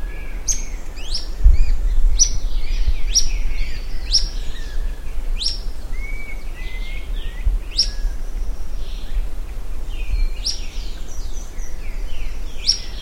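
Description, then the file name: Bird calls, a high sharp descending note repeated many times with softer chirps and twitters between, over a steady low rumble. "SABIOD 50 bird 2015"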